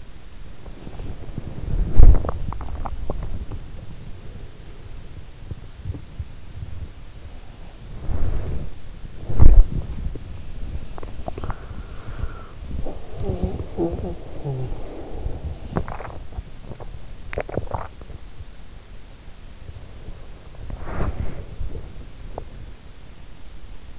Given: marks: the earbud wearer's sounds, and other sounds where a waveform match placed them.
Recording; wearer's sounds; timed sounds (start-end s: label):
sounds in sleep by an in-ear microphone; body movement, teeth grinding, talking in sleep, swallowing
0.00-23.99 s: body movement
2.18-3.60 s: teeth grinding
10.92-11.68 s: teeth grinding
13.06-14.98 s: talking in sleep
15.60-17.03 s: teeth grinding
17.25-18.28 s: swallowing
22.16-22.56 s: teeth grinding